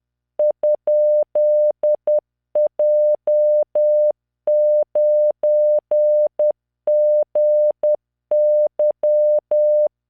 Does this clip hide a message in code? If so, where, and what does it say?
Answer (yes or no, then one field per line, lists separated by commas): yes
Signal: Morse code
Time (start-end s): 0.4-9.9 s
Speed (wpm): 10 wpm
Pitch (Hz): 600 Hz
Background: none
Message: ?J9GY